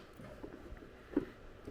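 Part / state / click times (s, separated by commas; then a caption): bay door into model submarine hull / not seated / none. A primed bay door with magnets on its bottom is handled near its opening in an RC submarine hull. Quiet rustling and soft handling noises are heard, with a faint knock around 0.8 s and a sharper tap around 1.2 s. Nothing has seated or clicked into place yet.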